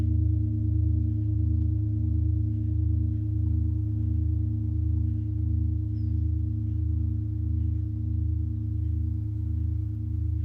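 A Tibetan singing bowl hums in a steady, low drone with stacked tones and a gentle, regular pulsing throughout, unchanging.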